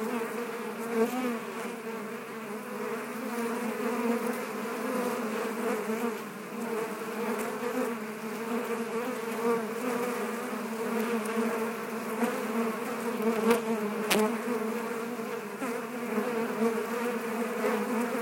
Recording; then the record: honeybee colony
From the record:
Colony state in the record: active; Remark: normal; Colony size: 10,000 bees